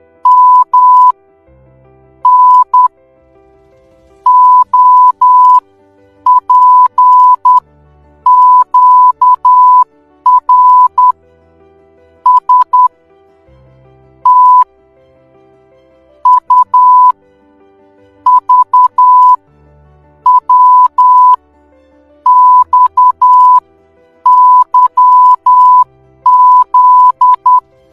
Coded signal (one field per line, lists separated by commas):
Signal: Morse code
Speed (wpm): 10 wpm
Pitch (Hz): 1000 Hz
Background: music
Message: M N O P Q R S T U V W X Y Z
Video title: morse code. since 1835